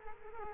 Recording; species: mosquito wingbeat signal from an infrared sensor; Culex quinquefasciatus